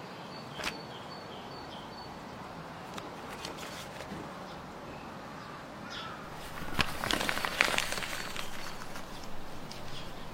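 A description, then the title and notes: A flying broom and an opening book: a steady soft hiss with scattered light clicks, then a busier rustling, crackling stretch around seven to eight seconds. Flying broom, open book.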